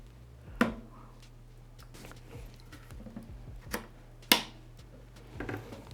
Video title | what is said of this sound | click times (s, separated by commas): The Best $1000 Gaming PC Build | you'll see this lock in place and you hear clicking typically not always | 0.6 s, 4.3 s